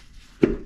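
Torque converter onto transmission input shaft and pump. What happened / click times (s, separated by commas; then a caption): The heavy part knocked in once but is not fully seated / 0.4 s. A torque converter is slid onto a transmission input shaft and knocks once at 0.4 s, a short, low, hollow thud that fades over the next few tenths of a second against a quiet background. The converter is not fully engaged yet; it still needs one more click to engage the fluid pump.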